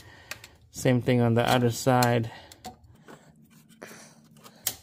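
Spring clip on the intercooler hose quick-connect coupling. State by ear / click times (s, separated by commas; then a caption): released / 4.7 s. A flat screwdriver pries the metal spring clip of a plastic intercooler hose quick-connect coupling on a BMW N55 engine off its seat. Someone talks over faint ticks and scrapes. A sharp snap at 4.7 s marks the clip spreading open, and it is confirmed released.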